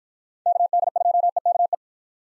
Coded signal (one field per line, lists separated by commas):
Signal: Morse code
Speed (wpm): 53 wpm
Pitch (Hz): 700 Hz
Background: none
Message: KD2EKE